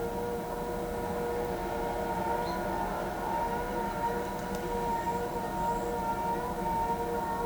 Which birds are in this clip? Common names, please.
none